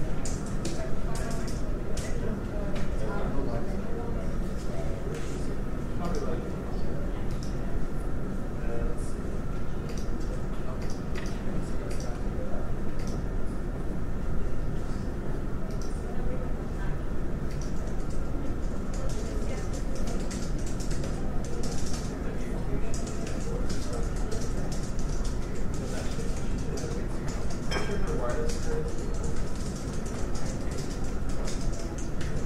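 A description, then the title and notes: Office ambience with a steady, dense low hum that stays level throughout. Indistinct murmuring voices sit in the background, with scattered light clicks and taps, a few brighter clatters, and a faint sustained tone running underneath. Office Ambience.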